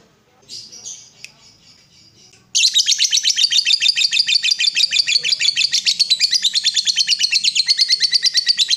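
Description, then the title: Yellow-vented bulbul: a few soft, high notes, then an abrupt loud outburst of rapid, pulsing chatter that continues steadily to the end. Used as a bird lure (pikat). "PIKAT TRUCUKAN"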